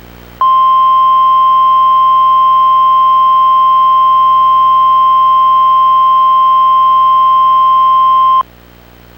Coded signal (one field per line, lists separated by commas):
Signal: Emergency Alert System (SAME) tones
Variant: 1050 Hz attention tone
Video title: (VALID TONES) EAS Recreation Mock - Indiana Tornado Watch (February 16, 2006)